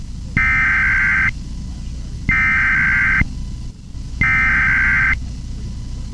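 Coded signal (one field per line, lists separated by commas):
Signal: Emergency Alert System (SAME) tones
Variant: header bursts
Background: speech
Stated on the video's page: Law Enforcement Warning for Texas caught from a classical/EAS NERP station live stream.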